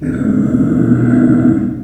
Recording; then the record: squeal of a Yucatan mini pig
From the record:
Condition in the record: after surgery on the right vocal fold (resection and tissue-engineered implant); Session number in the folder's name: 3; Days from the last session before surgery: 21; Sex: female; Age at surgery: 19 weeks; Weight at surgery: 25 kg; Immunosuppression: prednisolone